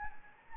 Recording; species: mosquito wingbeat signal from an infrared sensor; Anopheles gambiae